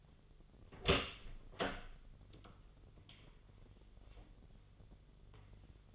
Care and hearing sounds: daily activity, microphone in the room; open door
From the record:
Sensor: 4

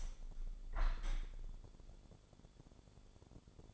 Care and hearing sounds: daily activity, microphone in the room; open window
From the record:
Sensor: 5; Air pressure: 1015.0 hPa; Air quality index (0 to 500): 109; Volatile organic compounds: 2 ppm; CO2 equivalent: 1173 ppm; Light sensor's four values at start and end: 35/81/33/31 and 35/81/33/31

